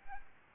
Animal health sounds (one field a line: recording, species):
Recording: mosquito wingbeat signal from an infrared sensor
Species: Aedes albopictus